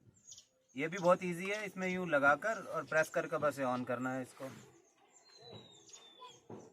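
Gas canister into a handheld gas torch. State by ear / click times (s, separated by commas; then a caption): not seated / none. A gas canister is being fitted into a handheld gas torch while someone talks, followed by a few faint handling sounds near the end. The canister is handled but not yet home; nothing has seated or clicked yet.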